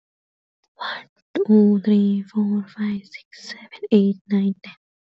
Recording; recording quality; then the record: counting at a normal pace; excellent, no background noise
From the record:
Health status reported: healthy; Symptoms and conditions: sore throat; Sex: female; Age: 20 years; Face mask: not worn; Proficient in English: yes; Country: India